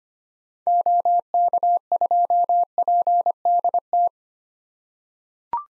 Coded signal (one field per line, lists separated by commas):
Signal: Morse code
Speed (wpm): 25 wpm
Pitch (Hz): 700 Hz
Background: none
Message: OK2PDT